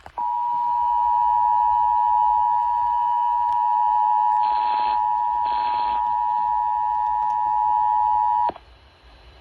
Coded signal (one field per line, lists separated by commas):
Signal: Emergency Alert System (SAME) tones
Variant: 853 and 960 Hz attention tone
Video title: NC RMTs (EAS 1828-1829)